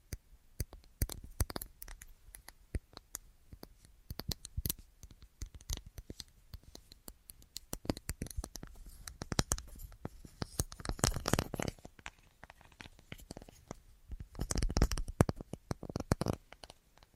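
A varied run of tapping: sharp, irregular taps scattered throughout, some sparse and isolated, others in quick clusters. Denser bursts of rapid tapping and scratching arrive around eleven seconds and again near fifteen, with softer rustling between.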